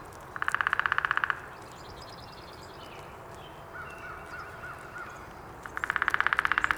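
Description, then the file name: Downy woodpecker drumming, two brisk rolls of rapid taps at the start and end, with quiet twittering of other birds between them. Recorded 19 April 2019. "2019-04-19 Downy Woodpecker"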